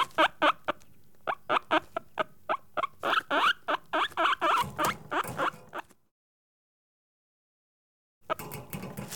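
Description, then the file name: Guinea pig producing short repeated squeaks for several seconds, then silence, followed by a brief burst of noise. Caged guinea pig recorded close up. "Digiffects Sound Effects Library - Close Guinea Pig in Cage"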